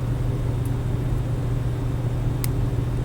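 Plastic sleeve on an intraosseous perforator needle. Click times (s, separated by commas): 2.4 s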